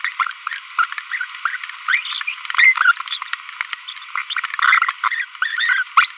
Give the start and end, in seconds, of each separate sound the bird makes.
0.05-0.09, 0.79-0.85, 1.12-1.16, 1.89-2.00, 2.55-2.92, 3.11-3.16, 4.15-4.22, 4.59-4.91, 5.42-5.83, 5.97-6.06